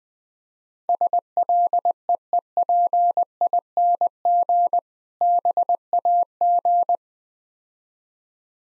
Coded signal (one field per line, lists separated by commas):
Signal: Morse code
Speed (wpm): 20 wpm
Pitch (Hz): 700 Hz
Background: none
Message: SLEEPING BAG